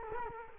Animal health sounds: mosquito wingbeat signal from an infrared sensor; Culex quinquefasciatus

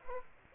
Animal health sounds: mosquito wingbeat signal from an infrared sensor; Aedes aegypti

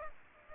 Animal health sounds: mosquito wingbeat signal from an infrared sensor; Aedes aegypti

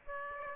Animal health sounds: mosquito wingbeat signal from an infrared sensor; Aedes aegypti

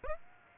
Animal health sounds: mosquito wingbeat signal from an infrared sensor; Aedes aegypti

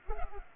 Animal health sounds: mosquito wingbeat signal from an infrared sensor; Culex pipiens

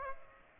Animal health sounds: mosquito wingbeat signal from an infrared sensor; Aedes aegypti

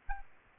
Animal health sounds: mosquito wingbeat signal from an infrared sensor; Aedes albopictus

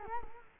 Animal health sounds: mosquito wingbeat signal from an infrared sensor; Culex quinquefasciatus

